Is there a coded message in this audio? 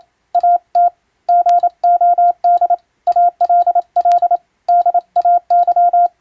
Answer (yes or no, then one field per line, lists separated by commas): yes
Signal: Morse code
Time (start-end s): 0.3-6.1 s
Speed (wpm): 27 wpm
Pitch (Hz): 700 Hz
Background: none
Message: AT GOD ALL DAY